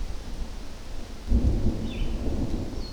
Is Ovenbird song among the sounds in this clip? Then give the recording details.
no. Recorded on 24 June 2016 at 06:40. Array SBT-6-76